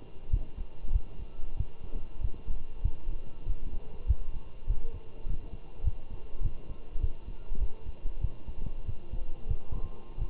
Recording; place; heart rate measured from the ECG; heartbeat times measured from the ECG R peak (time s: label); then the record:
heart sounds by stethoscope; between the tricuspid and mitral areas; 97 bpm
0.31 s: heartbeat
0.93 s: heartbeat
1.57 s: heartbeat
2.22 s: heartbeat
2.84 s: heartbeat
3.47 s: heartbeat
4.08 s: heartbeat
4.68 s: heartbeat
5.27 s: heartbeat
5.84 s: heartbeat
6.43 s: heartbeat
7.01 s: heartbeat
7.60 s: heartbeat
8.21 s: heartbeat
8.86 s: heartbeat
9.49 s: heartbeat
10.18 s: heartbeat
From the record:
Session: walking at 3.7 km/h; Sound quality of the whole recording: good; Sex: male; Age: 23 years